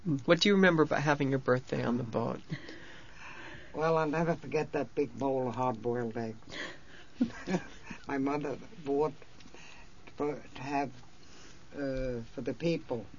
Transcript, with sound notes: What do you remember about having your birthday on the boat?
Well, I'll never forget that big bowl of hard boiled eggs. ( she laughs ) My mother bought, to have, for the people